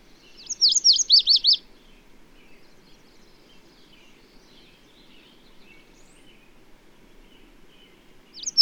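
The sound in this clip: Bird song with a fast run of high rising-and-falling notes early on, soft chatter afterwards, and another phrase just beginning at the very end.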